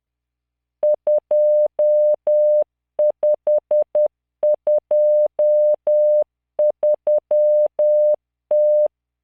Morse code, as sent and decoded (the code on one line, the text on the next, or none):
..--- ..... ..--- ...-- -
2523T